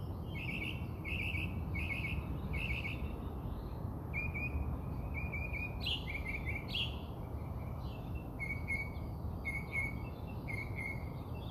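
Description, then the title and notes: Birds calling with short buzzy chirps in repeated clusters, pausing briefly between phrases, over constant low background noise. Birds singing outside the recordist's house. "Bird Songs Part Two. More bird songs outside my house"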